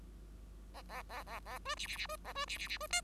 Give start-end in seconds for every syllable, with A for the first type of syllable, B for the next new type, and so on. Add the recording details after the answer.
0.73-0.82 A, 0.89-1.02 A, 1.09-1.23 A, 1.26-1.39 A, 1.45-1.59 A, 1.65-1.75 B, 1.76-1.87 C, 1.87-1.97 C, 1.97-2.07 C, 2.08-2.16 B, 2.24-2.33 A, 2.35-2.45 B, 2.47-2.58 C, 2.58-2.67 C, 2.68-2.78 C, 2.80-2.87 B, 2.90-3.01 D. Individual Bird5